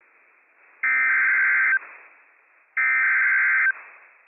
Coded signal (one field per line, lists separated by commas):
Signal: Emergency Alert System (SAME) tones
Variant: header bursts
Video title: Flash Flood Warning for the Schneider Springs Burn Scar - WWF56 - EAS #268 - 4:46 PM PDT 9/13/22